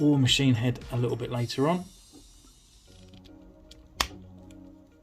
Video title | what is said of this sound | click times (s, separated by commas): Marvel Legends War Machine 6 Inch Action Figure Review | ah nice click going back so these other accessories this guy comes with | 4.0 s